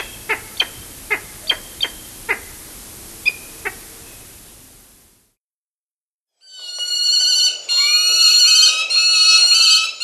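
Prairie falcon calling: a run of sharp clicking notes, a pause, then a harsh, rapidly repeated series of grating calls.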